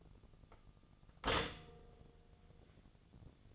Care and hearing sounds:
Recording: daily activity, microphone in the room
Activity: stop toaster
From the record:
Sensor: 4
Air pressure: 1001.0 hPa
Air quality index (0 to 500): 159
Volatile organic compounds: 2 ppm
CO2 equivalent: 1160 ppm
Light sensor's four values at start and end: 17/38/16/17 and 17/39/17/18

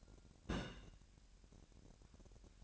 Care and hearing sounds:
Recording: daily activity, microphone in the room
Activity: place on stove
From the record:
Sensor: 2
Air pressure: 1011.9 hPa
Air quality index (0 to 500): 193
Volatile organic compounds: 3 ppm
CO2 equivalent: 1369 ppm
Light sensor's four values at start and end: 69/165/67/64 and 69/165/67/64

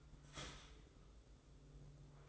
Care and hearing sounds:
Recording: daily activity, microphone in the room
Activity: start toaster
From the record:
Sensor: 3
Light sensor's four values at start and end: 18/54/23/20 and 18/54/23/20

